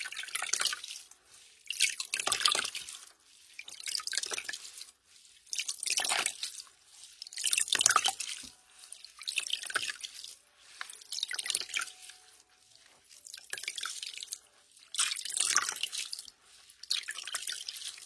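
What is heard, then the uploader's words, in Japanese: Foam and water: bursts of bright, crackling fizz surge in and fade about every two seconds, each lasting a second or so with short quieter gaps between. Faint drips and small bubbly pops fill the pauses, and there is little low sound throughout. 在鹿姐姐的洗发店！泡沫、水の音。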